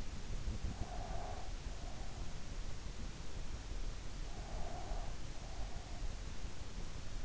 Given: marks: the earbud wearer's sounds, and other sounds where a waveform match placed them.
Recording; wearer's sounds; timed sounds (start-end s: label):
sounds in sleep by an in-ear microphone; breath
0.90-2.34 s: breath
4.27-5.64 s: breath